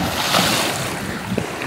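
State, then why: Not seated. An aluminum J-bracket's wave-shaped hook is being fitted into the track of a Duralight or Featherlite aluminum dock frame, with pressure applied down on the bracket's protruding part. Steady broadband wind- and water-like noise fills the clip, with two brief sharp ticks near 1.4 and 1.6 seconds. Nothing has seated or snapped onto the frame yet.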